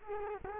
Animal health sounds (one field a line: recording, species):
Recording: mosquito wingbeat signal from an infrared sensor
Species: Culex quinquefasciatus